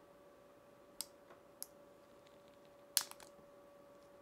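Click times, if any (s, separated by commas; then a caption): 3.0 s. An aftermarket Barracuda Tactical base plate is slid onto the bottom of a Glock 19 pistol magazine body. Light taps come at 1.0 and 1.6 s, then a sharp, bright click at 3.0 s with a couple of small rattles after it as the base plate locks into place. The base plate is seated.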